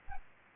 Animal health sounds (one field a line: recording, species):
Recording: mosquito wingbeat signal from an infrared sensor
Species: Aedes aegypti